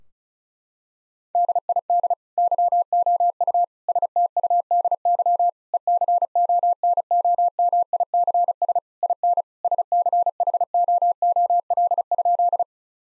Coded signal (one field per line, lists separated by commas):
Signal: Morse code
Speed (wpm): 36 wpm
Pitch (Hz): 700 Hz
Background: none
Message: DID YOU STUDY ECONOMICS IN SCHOOL?